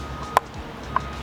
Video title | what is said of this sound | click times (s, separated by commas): Easy First Mod for 2021+ F-150 - Painted Mirror Covers | Bam, clicks right in. | 0.4 s